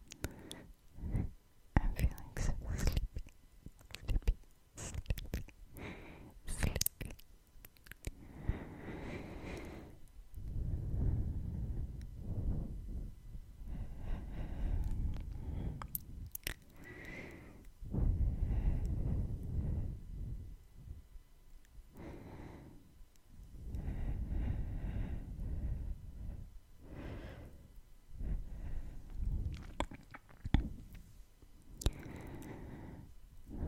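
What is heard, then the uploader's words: Mouth sounds: sharp tongue clicks and wet smacking pops scattered through the first ten seconds, then longer soft, breathy swells with a low rustle, likely face touching, between about 10 and 33 seconds. Quick clicks return near the end. ASMR Mouth Sounds (Tongue clicking, Kissing sounds, Breathing, Face Touching).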